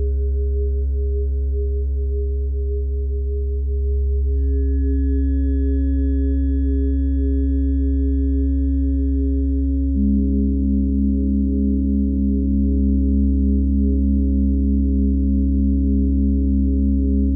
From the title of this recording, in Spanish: Diapasón y Cuencos